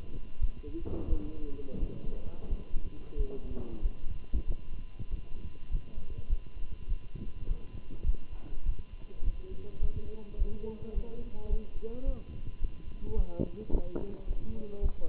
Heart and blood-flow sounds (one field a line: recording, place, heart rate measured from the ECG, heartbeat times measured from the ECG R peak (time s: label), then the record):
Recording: heart sounds by stethoscope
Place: between the tricuspid and mitral areas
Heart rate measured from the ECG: 100 bpm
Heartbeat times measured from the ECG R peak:
0.41 s: heartbeat
1.09 s: heartbeat
1.79 s: heartbeat
2.49 s: heartbeat
3.17 s: heartbeat
3.82 s: heartbeat
4.47 s: heartbeat
5.10 s: heartbeat
5.71 s: heartbeat
6.29 s: heartbeat
6.88 s: heartbeat
7.47 s: heartbeat
8.06 s: heartbeat
8.65 s: heartbeat
9.24 s: heartbeat
9.81 s: heartbeat
10.38 s: heartbeat
10.94 s: heartbeat
11.50 s: heartbeat
12.05 s: heartbeat
12.61 s: heartbeat
13.16 s: heartbeat
13.71 s: heartbeat
14.27 s: heartbeat
14.82 s: heartbeat
From the record:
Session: Bruce protocol treadmill stress test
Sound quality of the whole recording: good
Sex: male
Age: 27 years